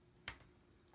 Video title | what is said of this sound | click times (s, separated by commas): Magical color handmade card | that little snap is a beautiful sound okay now | 0.3 s